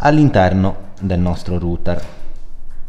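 An SFP fiber module is being handled at the SFP slot of a home router, about to be pushed in, while someone talks. Nothing has seated or clicked yet.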